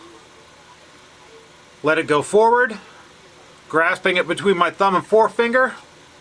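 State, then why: Not seated. While blindfolded, someone reassembling a CZ-82 pistol grasps the hinged steel trigger guard between thumb and forefinger, ready to push it back up against the frame until it latches. Someone talks throughout over a quiet background. The trigger guard has not clicked into place yet when the clip ends.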